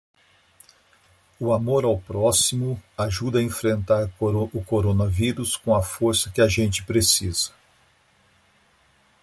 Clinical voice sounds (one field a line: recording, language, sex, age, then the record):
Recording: spoken sentence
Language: Brazilian Portuguese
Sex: male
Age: 60 to 69 years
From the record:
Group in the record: control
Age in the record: 62 years